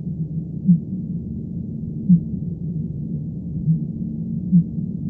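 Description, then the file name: Fin whale calls, four brief low pulses at irregular intervals, each a soft thump above continuous deep background rumble. "B physalus"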